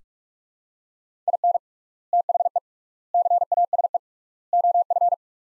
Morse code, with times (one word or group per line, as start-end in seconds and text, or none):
1.3-1.6 IN
2.1-2.6 THE
3.1-4.0 CASE
4.5-5.1 OF